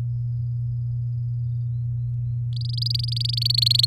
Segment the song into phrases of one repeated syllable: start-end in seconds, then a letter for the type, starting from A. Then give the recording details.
2.53-3.85 A. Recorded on 7 May 2018 at 13:42. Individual llb16